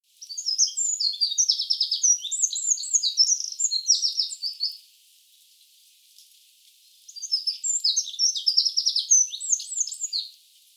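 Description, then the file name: Eurasian wren singing two loud, fast, high warbling phrases packed with trills and chips, each lasting around four seconds, with a pause of about two seconds between. "Troglodytes troglodytes"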